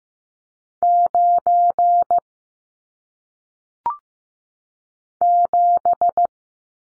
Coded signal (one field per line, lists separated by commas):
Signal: Morse code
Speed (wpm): 15 wpm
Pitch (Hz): 700 Hz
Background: none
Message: 9 7